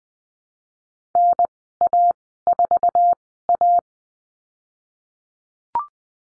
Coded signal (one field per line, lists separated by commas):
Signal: Morse code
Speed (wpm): 20 wpm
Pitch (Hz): 700 Hz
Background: none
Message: NA4A